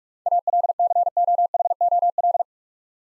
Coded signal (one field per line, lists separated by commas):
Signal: Morse code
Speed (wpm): 46 wpm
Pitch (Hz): 700 Hz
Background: none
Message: ALCOHOL